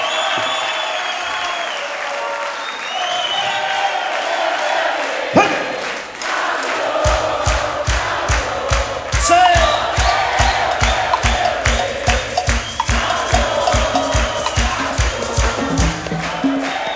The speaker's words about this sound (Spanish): ¡Que se escuche! ¡Se escuche bien fuerte sus aplausos! ¡Fuerte! ¡Que se escuche! ¡Que explote campana!